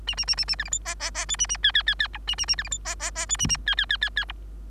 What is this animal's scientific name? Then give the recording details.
Lonchura striata domestica. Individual Bird3